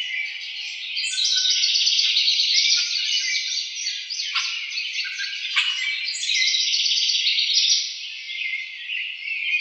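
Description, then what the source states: House wren song, continuous bubbling, gurgling trills with quick rattled phrases and brief downward notes, rising and falling in loudness throughout. Recorded 2007-01-04.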